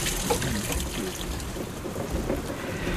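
Liquid manure sloshes heavily inside a barrel, a steady low rumbling churn with occasional splashy surges, continuous throughout and with no voices.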